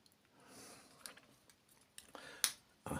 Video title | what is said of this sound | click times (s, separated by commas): Getting on with those cheap wagons | there we are you could hear it click then that's a positive click which is what I like so let's | 2.4 s